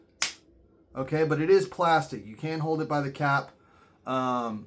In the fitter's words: It does click into place.